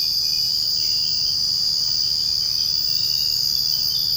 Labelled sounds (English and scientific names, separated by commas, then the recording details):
none
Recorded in secondary vegetation near Puerto Asís, Putumayo, Colombia, on 21 March 2025 at 05:30
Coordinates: 0.502, -76.326
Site G100